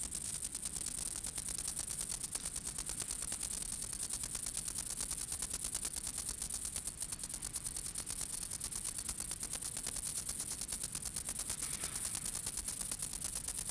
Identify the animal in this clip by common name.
Stripe-winged Grasshopper